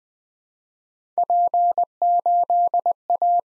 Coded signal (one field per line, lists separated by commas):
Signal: Morse code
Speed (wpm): 20 wpm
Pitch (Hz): 700 Hz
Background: none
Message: P8A